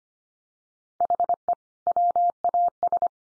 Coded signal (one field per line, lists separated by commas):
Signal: Morse code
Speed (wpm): 25 wpm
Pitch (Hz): 700 Hz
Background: none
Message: HE WAS